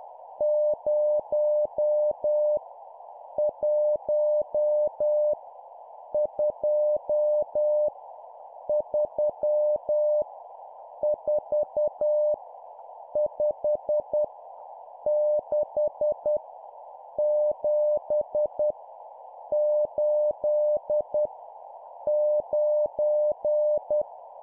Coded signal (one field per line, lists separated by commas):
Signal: Morse code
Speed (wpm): 10 wpm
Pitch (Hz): 600 Hz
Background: none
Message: 0 1 2 3 4 5 6 7 8 9